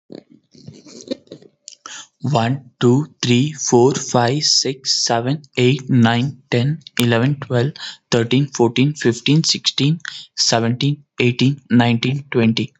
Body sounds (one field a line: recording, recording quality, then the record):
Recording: counting at a fast pace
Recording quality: moderate, slight background noise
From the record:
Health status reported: healthy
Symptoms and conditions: none ticked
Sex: male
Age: 30 years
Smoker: not ticked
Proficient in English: yes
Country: India